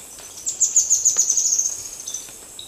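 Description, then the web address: Red-faced spinetail with a short, very high series of quick, sharp notes, fading within about a second and a half. Recorded in Ecuador. "Birds of Ecuador. Red-faced Spinetail"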